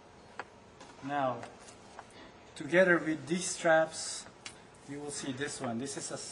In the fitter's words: and wait until this one snaps back in mhm and then it's locked